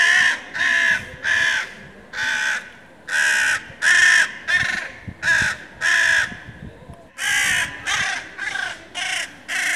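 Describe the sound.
Crow cawing: harsh, hoarse caws, roughly one or two per second, a dozen or more with a brief pause early on.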